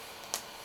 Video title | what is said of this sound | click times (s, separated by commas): Don't Buy a Varsity Jacket Until You See This! | Can hear the click. See that? | 0.3 s